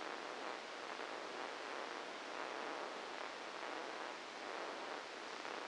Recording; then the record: brain microelectrode recording played as sound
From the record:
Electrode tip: inside the subthalamic nucleus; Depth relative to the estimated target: 0 mm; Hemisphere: left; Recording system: NeuroSet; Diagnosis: Parkinson's disease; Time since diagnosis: 8 years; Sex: male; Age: 59 years